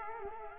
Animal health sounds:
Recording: mosquito wingbeat signal from an infrared sensor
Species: Culex quinquefasciatus

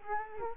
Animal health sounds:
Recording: mosquito wingbeat signal from an infrared sensor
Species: Culex quinquefasciatus

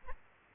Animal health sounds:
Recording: mosquito wingbeat signal from an infrared sensor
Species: Aedes albopictus

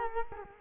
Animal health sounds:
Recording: mosquito wingbeat signal from an infrared sensor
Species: Culex quinquefasciatus

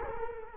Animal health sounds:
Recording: mosquito wingbeat signal from an infrared sensor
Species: Culex quinquefasciatus

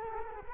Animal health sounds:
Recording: mosquito wingbeat signal from an infrared sensor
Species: Culex quinquefasciatus

